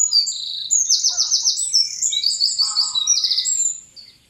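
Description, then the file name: Eurasian wren song, a loud rapid outpouring of high trills and sharp notes lasting about three and a half seconds, with faint lower twitters mid-phrase. "Troglodytes troglodytes"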